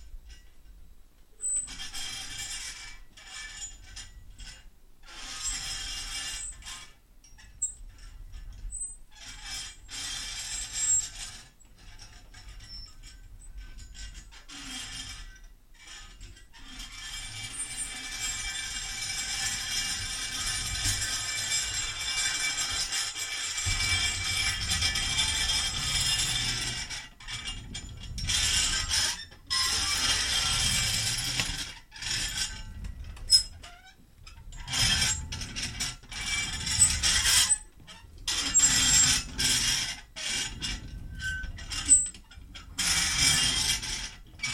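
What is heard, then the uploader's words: A metal roller squeals as it works over linoleum, a high, bright, scraping whine that starts and stops in short bursts early on. From about twenty seconds it runs longer and louder, broken by sharp gaps, with a low rumble underneath. Metal squeal - linoleum roller in action.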